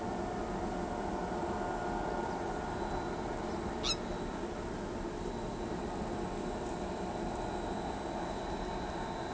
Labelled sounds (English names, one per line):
none